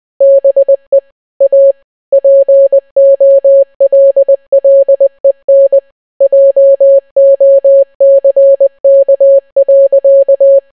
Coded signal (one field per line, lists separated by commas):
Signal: Morse code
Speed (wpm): 20 wpm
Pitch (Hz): 550 Hz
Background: none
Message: BE A POLLEN JOCK.